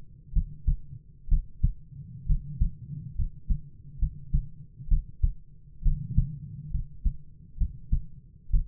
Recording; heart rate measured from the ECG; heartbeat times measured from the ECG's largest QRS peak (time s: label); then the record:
heart sounds by stethoscope; 66 bpm
0.32 s: heartbeat
1.28 s: heartbeat
2.26 s: heartbeat
3.15 s: heartbeat
3.98 s: heartbeat
4.88 s: heartbeat
5.82 s: heartbeat
6.70 s: heartbeat
7.57 s: heartbeat
8.50 s: heartbeat
From the record:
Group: healthy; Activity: rest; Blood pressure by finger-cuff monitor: 99/53 mmHg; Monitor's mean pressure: 63 mmHg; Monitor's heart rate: 67 bpm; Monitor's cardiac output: 7.4 L/min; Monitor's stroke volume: 111 mL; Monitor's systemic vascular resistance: 600 dyn s/cm5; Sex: male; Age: 22 years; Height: 185 cm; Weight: 112.4 kg